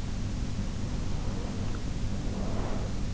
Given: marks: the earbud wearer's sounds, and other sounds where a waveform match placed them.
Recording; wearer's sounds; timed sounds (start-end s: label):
sounds in sleep by an in-ear microphone; breath
1.11-3.12 s: breath